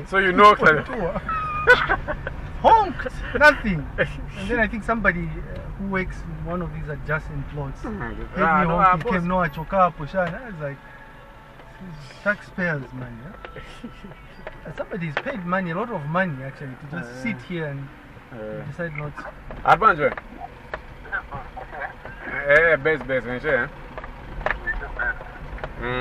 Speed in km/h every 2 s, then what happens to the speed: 10, 16, 15, 14, 10, 0, 0, 0, 0, 0, 0, 6, 8.
0-6 steady at about 14. 6-10 brakes to 0. 10-20 standing. 20-26 pulls away to 8.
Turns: none.